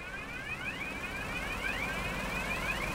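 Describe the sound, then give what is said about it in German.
A garbage truck bringing biowaste reverses into the hall of a biogas plant in Saxony-Anhalt, its reversing alarm sounding as a series of repeated rising electronic tones, fairly steady in rhythm, over a constant low engine rumble. “Ein Müllauto fährt rückwärts in die Halle und bringt Nachschub.”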